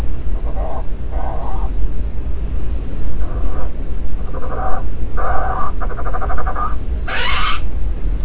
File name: fulmar prion